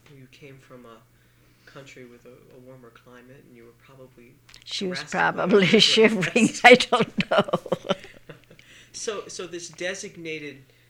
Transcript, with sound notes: Well, you came from a country with a warmer climate and you were probably dressed...
She was probably shivering. (she laughs) I don't know.
(he laughs) So this designated